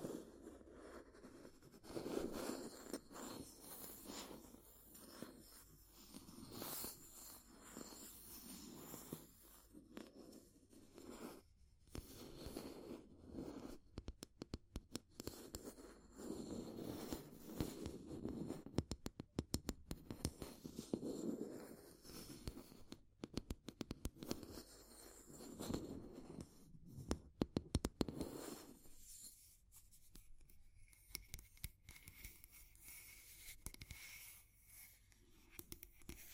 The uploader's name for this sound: Fire Crackling, Tapping, Scratching